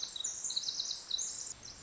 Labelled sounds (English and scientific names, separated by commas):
Pacific Wren (Troglodytes pacificus)